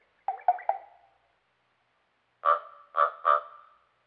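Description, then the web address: Common raven uttering two bursts of three hoarse croaks. The first set is lower, and the second follows after a pause. "Dan Gibson Wildlife Identification By Sound, Eastern North America Pt 1. Common Raven"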